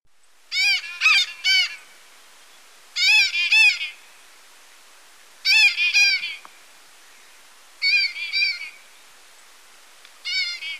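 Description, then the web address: White-capped parrot giving harsh, nasal screeching notes in groups of two to four, each burst repeated every two to three seconds. Ecuador. "Birds of Ecuador. White-capped Parrot"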